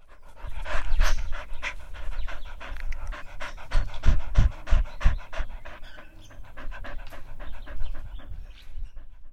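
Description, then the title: Dog panting rapidly, several breaths a second in a rough, breathy rhythm that grows louder then eases. "Universidad del Claustro de Sor Juana - Colegio de Comunicación - Sonoteca de México. PERRO JADEANDO FONDO PAJAROS"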